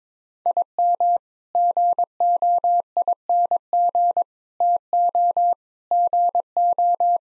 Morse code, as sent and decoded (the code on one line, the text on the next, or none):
.. -- / --. --- .. -. --. / - --- / --. ---
IM GOING TO GO